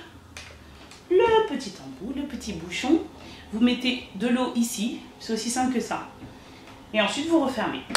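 A small plastic filler cap is pulled off the water opening of a hair steamer's tank so water can be added, releasing with a sharp snap at 0.4 s. Someone talks through most of the clip.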